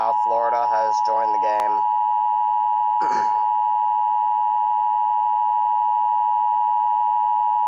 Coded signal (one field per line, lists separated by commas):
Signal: Emergency Alert System (SAME) tones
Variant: 853 and 960 Hz attention tone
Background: speech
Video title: EAS 606 TRW for FL